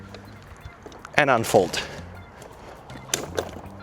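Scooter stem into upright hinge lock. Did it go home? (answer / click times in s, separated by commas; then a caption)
yes / 3.1 s. A FOHOLO F15 60V e-scooter's stem is raised from folded to upright after someone talks briefly. The hinge locks with a sharp metallic click at 3.1 s, and the stem is seated upright.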